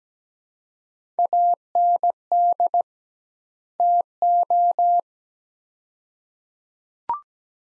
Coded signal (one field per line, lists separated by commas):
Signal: Morse code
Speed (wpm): 17 wpm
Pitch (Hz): 700 Hz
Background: none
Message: AND TO